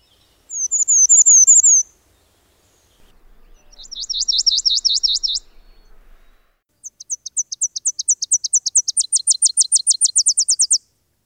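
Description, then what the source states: Warbler songs: three separate high, thin songs: a short high trill, then a rapid sibilant trill, and finally a long accelerating series of sharp high notes. Bay-breasted, palm and Tennessee warblers, each song heard once; species breed in Canada and northern United States, winter in Central and South America, may pass through Virginia on migration.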